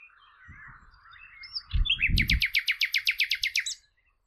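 Bird song: a soft warbled lead-in, then a loud trill of about a dozen sharp, evenly repeated notes, over low rumbling background noise.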